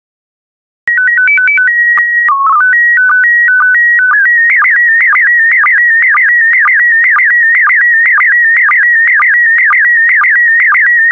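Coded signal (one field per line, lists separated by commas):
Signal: SSTV (slow-scan television)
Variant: PD 120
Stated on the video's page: PD120 SSTV images, daily decoding practice set.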